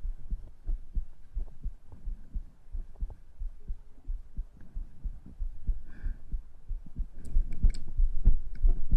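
Close-miked adult heartbeat with breathing, about 92 beats per minute, slightly irregular, deep low-frequency thumps, recorded for ASMR.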